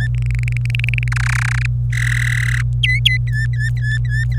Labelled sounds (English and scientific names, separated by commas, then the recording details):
Domestic Canary (Serinus canaria) song
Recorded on 25 April 2018 at 14:30
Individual llb3